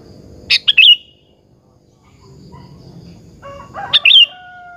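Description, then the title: Sooty-headed bulbul song: two loud, bright chirped bursts about three seconds apart, with softer lower whistled notes before the second burst. "Kutilang"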